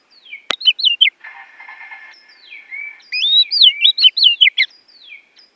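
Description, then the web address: Oriental magpie-robin song: a sharp click, a soft buzzy chatter, then a fast series of looping, wavering whistles. Borneo form; a recording used for training songbirds (masteran). "kacer borneo. masteran kacer"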